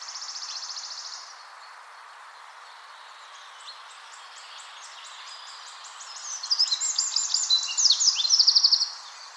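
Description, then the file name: Eurasian wren: a short buzzy high trill opens, then quiet faint notes, followed by a loud burst of rapid shrill notes and a fast rattle. "Troglodytes troglodytes"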